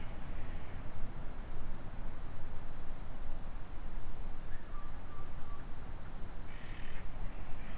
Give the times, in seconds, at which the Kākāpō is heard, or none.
none